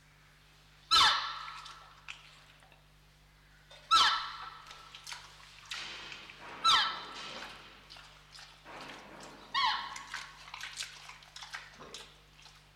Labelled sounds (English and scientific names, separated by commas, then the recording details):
Red River Hog (Potamochoerus porcus) call
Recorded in captivity
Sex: pair
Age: adult
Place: Zoo Berlin, Berlin, DE
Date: 1995-03-04 10:00
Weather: heiter bis wolkig, 1 - 5 °C
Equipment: Marantz CP 130, Sennheiser ME 80, Kopie Uher Variocord 263
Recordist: Tembrock, Günter